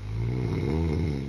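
A single loud, steady snore from an adult, lasting just over a second, with a deep, rumbling, buzzing tone from vibration in the throat during sleep. The snore is loud enough that her partner found it disturbing.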